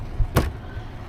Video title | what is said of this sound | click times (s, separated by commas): 2026 Tesla Model Y Full Review | it just pops down like that. | 0.4 s